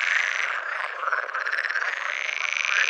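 Pool frog calling, dense continuous pulsed croaking and rattling with no pauses.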